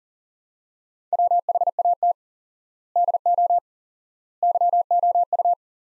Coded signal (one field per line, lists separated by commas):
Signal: Morse code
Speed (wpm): 40 wpm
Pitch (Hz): 700 Hz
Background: none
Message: WHAT DO YOU